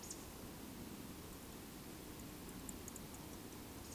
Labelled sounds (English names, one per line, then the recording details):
Eurasian Woodcock whistle
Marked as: whistle, whistle
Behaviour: display flight
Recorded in Baden-Württemberg, Germany, on 28 May 2020 at 20:13 UTC
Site 31917, 145 m above sea level